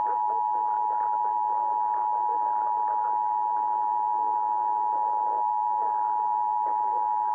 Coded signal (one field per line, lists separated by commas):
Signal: Emergency Alert System (SAME) tones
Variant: 853 and 960 Hz attention tone